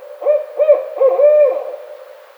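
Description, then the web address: Barred owl hooting, a series of four clear rhythmic hoots, the last one drawn out and falling away. Recorded on 29 May 2009. "Barred Owl 2009 05 29"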